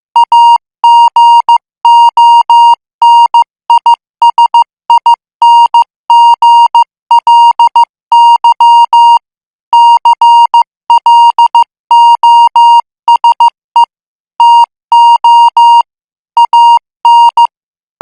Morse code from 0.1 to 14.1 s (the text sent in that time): AGONISINGLY CLOSE